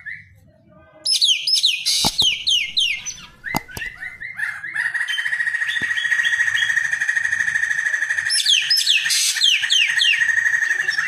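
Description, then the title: Javan green magpie gives sharp descending squeals, then a long, steady, buzzy whistled tone held for several seconds, ending with another burst of falling squeals. Song described as "gacor". "Cissa Thalassina Gacor"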